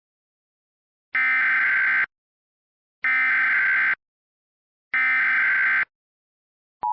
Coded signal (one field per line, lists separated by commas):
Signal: Emergency Alert System (SAME) tones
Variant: header bursts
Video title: EAS MOCK: 100 MPH??!?